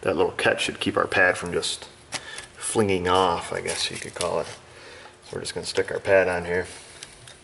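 A person talks while handling an inner disc brake pad at the caliper bracket abutment hardware on a Chevy/GMC front wheel bearing and hub job. The pad hardware has spring tabs that push the pad back out and catches meant to keep it from flinging off. Two brief, faint taps are heard near the end, but the pad has not yet been pushed home and nothing has clicked or seated yet.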